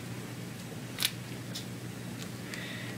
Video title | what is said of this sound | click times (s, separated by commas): Danglet Review | soon as you hear that faint click sound, get a little tug, and it is really, really | 1.0 s